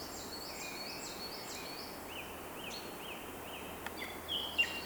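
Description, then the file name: Bird song: short whistled notes, high and then lower, each rising and falling, repeated in quick series over a steady hiss, with a few sharper chirps near the end. In the morning. "Deep Sleep Sleep Sound Library Body HI - Morning Bird Song"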